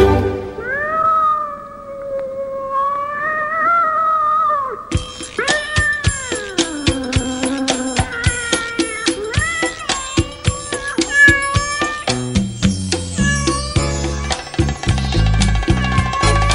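A cat lets out a long, drawn-out meow that wavers in pitch for several seconds, then lively music with chiming notes takes over and continues to the end.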